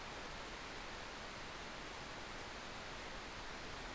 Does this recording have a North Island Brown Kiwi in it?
no